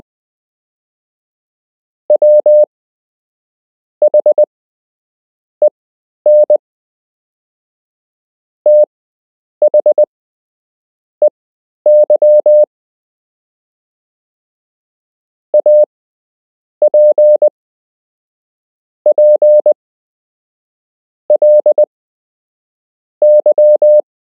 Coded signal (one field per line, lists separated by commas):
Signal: Morse code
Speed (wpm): 20 wpm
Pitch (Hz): 600 Hz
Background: none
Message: WHEN THEY APPLY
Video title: You can learn Morse code - Part 6